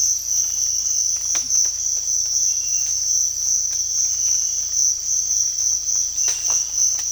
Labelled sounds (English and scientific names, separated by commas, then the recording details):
none
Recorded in dense forest near Puerto Asís, Putumayo, Colombia, on 18 December 2024 at 05:00
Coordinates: 0.481, -76.323
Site G100